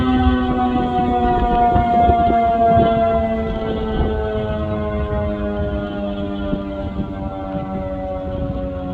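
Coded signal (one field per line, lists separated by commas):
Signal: siren signal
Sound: loud steady siren tone with rich harmonics, pitch drifting slowly lower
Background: outdoor ambience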